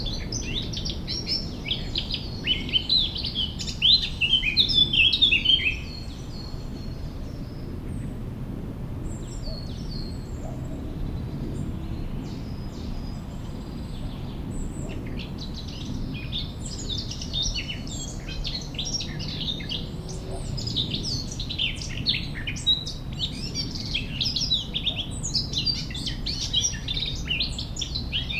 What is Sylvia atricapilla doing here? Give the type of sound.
song